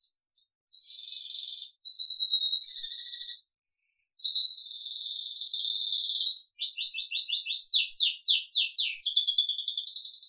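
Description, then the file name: Crested canary song with a buzzy rattle, long level whistled trills, then fast rolling series of sharply descending notes, all high-pitched. "audio kenari jambul"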